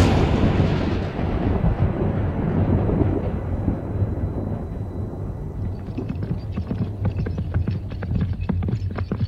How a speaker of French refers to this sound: En plus, certains habitants maîtrisent un art magique diabolique qui leur permet de déclencher, quand ils le souhaitent, des orages, des tempêtes et de gros coups de tonnerre.